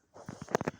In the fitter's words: there's a picture of a car bonnet there just pull it you hear the click